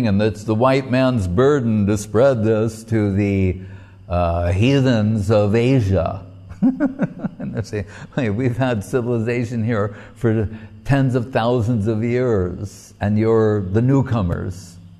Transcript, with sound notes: And, it's the white man's burden to spread this to the heathens of Asia.” [laughing] And they say, “We've had civilization here for tens of thousands of years, and you're the newcomers,